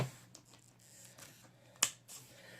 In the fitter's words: You'll hear it click once you put it in.